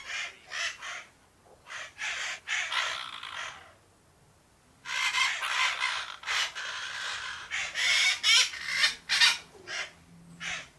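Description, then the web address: Parakeets chatter with rapid, rasping screeches in dense bursts, a brief quiet gap midway, then a busier stretch of harsh calls. Several parakeets, described as calm. "the sound pack tree. calm parakeets"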